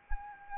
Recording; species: mosquito wingbeat signal from an infrared sensor; Anopheles arabiensis